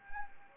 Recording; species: mosquito wingbeat signal from an infrared sensor; Anopheles gambiae